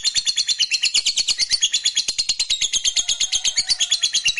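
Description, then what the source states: Lovebird singing in a fast, continuous run of shrill, scratchy chirps, evenly pulsed throughout. Fighter-type lovebird singing energetically (gacor).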